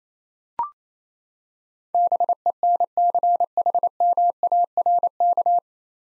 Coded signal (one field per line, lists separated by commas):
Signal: Morse code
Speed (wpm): 28 wpm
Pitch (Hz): 700 Hz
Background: none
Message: BENCHMARK